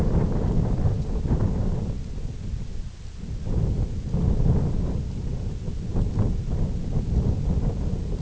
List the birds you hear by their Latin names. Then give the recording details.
none. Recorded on Arctic tundra, site IGLO-F, on 20 June 2018. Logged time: 16:00